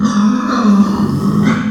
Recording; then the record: squeal of a Yucatan mini pig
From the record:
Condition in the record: after surgery on the right vocal fold (resection and tissue-engineered implant); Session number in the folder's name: 14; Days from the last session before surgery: 133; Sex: female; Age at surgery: 19 weeks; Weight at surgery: 25 kg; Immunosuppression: prednisolone